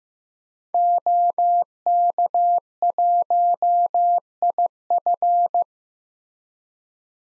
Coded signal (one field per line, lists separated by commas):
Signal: Morse code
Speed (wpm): 15 wpm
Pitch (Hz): 700 Hz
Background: none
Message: OK1IF